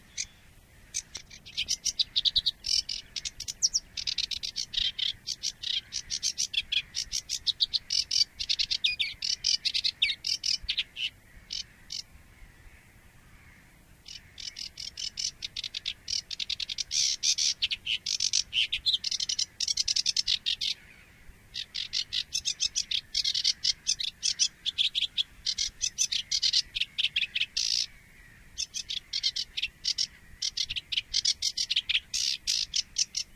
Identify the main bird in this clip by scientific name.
Acrocephalus schoenobaenus